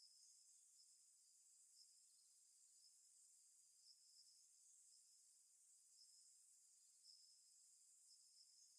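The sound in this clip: Crickets giving a continuous, thin, very high chorus with slight rhythmic pulses now and then, unbroken for the whole stretch.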